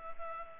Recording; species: mosquito wingbeat signal from an infrared sensor; Culex pipiens